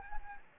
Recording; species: mosquito wingbeat signal from an infrared sensor; Anopheles gambiae